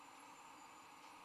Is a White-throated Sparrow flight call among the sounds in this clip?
no